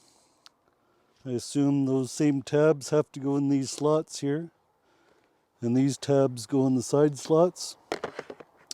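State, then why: Seated. Someone talks while fitting a Starlink Mini compact satellite internet dish into the mount bracket of a PeakDo LinkPower-1 battery bank, sliding the dish's tabs into the bracket's slots and side slots. A few short scraping taps near the end lead to a sharp click at 8.7 s as the dish snaps home and is seated.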